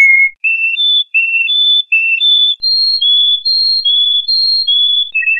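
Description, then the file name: Canary song: pure, steady whistled tones held about half a second each, stepping up and down in pitch in a loose repeating pattern. "kenari"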